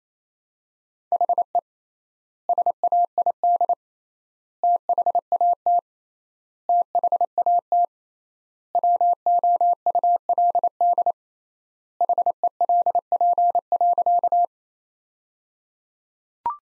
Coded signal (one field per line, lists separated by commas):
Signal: Morse code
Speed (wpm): 27 wpm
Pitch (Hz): 700 Hz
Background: none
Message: HE SAID THAT THAT WOULD HELP.